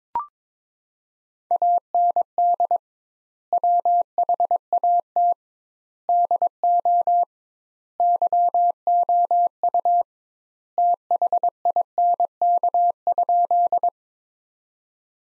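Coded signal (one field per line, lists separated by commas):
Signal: Morse code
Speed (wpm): 22 wpm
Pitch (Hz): 700 Hz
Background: none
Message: AND WHAT DO YOU THINK?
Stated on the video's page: Practice sentences from the top 200 words, sent at 22 wpm with twice the standard word spacing.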